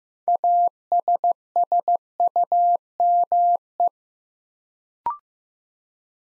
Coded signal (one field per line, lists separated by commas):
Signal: Morse code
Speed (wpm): 15 wpm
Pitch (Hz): 700 Hz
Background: none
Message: ASSUME